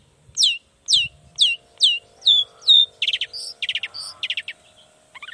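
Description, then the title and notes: Long-tailed shrike song of sweeping descending whistles, then rapid buzzy stuttering phrases, varied and quick. Singing actively in the morning with 'toet toet' sound variations; said to make any other long-tailed shrike answer at once and start singing. "Cendet Gacor Dor Di Kala Pagi Toet Toet Variasi Suara. Cendet Gacor Pagi Hari Biangnya Bikin Cendet Manapun Langsung On Nyaut. Burung cendet"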